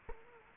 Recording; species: mosquito wingbeat signal from an infrared sensor; Culex quinquefasciatus